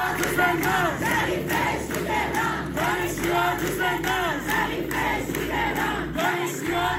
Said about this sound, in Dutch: Studenten in heel Iran laten van zich horen bij de universiteiten, lezen we bij de BBC. En op sociale media staan ook verschillende video's waarop jonge Iraniërs te zien zijn die demonstreren binnen en buiten hun school.